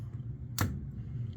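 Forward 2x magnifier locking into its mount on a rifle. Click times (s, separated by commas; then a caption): 0.6 s. A MONSTRUM GHOST 2x forward magnifier on a rifle is moved into its locked position in its mount. A single sharp, bright click sounds at 0.6 s over a low background hum, and the magnifier seats with a very solid lock-up.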